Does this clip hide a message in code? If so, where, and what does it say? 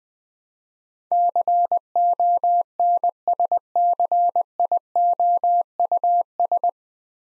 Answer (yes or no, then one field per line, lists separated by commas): yes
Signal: Morse code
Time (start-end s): 1.1-6.7 s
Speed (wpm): 20 wpm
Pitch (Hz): 700 Hz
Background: none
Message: CONSCIOUS